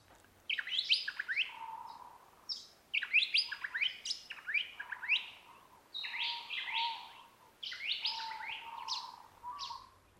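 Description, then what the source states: White-plumed Honeyeater pre-dawn song: rapid bursts of bright whistled and chipping notes, with a lower sustained note running beneath. Pre-dawn repertoire song phrase, heard only in the dawn chorus and very rarely if at all during the rest of the day.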